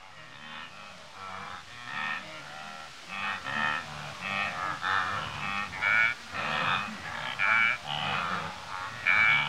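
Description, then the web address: Wildebeest giving a chorus of short, buzzy, croaking grunts, overlapping and repeated. Several wildebeest grazing and grunting in Africa. "Sound Effects Library-30 (Africa- The Natural World) 28 WILDBEEST, Several grazing and grunting"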